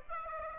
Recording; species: mosquito wingbeat signal from an infrared sensor; Aedes aegypti